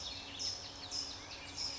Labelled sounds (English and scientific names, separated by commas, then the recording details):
California Towhee (Melozone crissalis)
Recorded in Sonoma County, California